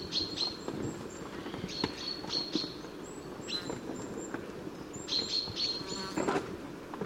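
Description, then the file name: Common chaffinch calls: brief, sharp high notes, some doubled, coming at irregular intervals, with faint higher chirps and constant low background noise. "Fringilla coelebs"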